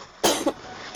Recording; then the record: coughing mixed with background sound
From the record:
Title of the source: 61 morning phlegmy cough...again